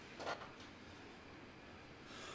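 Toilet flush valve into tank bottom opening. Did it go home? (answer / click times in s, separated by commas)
no / none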